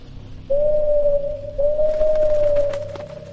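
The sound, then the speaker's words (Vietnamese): A large bird perched on the roof of a hut in a forest at night gives two long, steady mid-pitched calls in quick succession, loud and clear, then flies up into the sky, with a soft rustling noise rising behind the second call. “Hai Gòn giật mình khi con chim lớn đậu trên cái nóc chòi nãy giờ bỗng kêu lên liên tục rồi bay vút lên không trung.”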